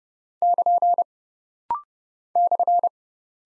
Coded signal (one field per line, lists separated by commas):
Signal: Morse code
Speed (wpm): 30 wpm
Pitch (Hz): 700 Hz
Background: none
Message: <KN> /